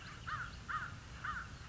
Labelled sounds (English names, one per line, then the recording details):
American Crow
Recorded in Sonoma County, California